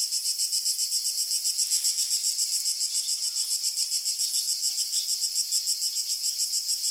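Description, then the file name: Cricket chirping in a steady high-pitched pulsing song, several pulses a second, continuous throughout with no other sounds. "canary crickets"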